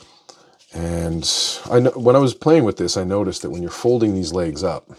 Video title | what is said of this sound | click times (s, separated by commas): Transformers Age of the Primes HORRI-BULL transformed | So they lock in like that when it's in robot mode, and when it's in alt mode, you want to unlock these knees. | 0.3 s